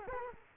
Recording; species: mosquito wingbeat signal from an infrared sensor; Culex quinquefasciatus